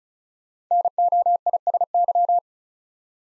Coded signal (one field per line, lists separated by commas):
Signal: Morse code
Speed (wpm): 36 wpm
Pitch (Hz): 700 Hz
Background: none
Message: NOISY